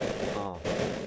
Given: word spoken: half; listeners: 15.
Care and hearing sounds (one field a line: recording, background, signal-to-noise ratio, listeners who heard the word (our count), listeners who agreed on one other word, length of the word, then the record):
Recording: one English word in noise, from a listening test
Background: noise modulated by three-talker babble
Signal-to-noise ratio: -7.0 dB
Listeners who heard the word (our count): 6 of 15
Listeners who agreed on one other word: 6 of 15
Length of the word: 0.67 s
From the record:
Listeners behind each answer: 6, 6, 2, 1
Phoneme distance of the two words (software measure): 17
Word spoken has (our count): 1 syllable, 3 phonemes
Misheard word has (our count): 1 syllable, 2 phonemes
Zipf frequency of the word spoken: 5.55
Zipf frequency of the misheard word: 5.15